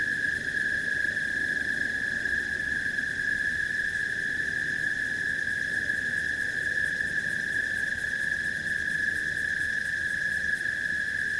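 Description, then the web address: Crickets in a steady, unbroken high trilling chorus that holds one even pitch throughout, over a faint low rumble. Swamp background ambience. "Sony Creative Software Sony Pictures Sound Effects Series Volumes 1-10 Volume 8 Backgrounds Swamp Crickets"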